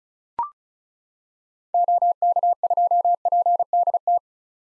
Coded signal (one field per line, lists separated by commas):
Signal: Morse code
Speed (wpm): 36 wpm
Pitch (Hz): 700 Hz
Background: none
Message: OK2PDT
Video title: 2023 SOTA Activator Call Signs - 35wpm